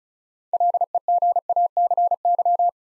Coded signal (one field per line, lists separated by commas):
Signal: Morse code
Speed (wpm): 36 wpm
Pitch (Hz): 700 Hz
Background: none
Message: LEGACY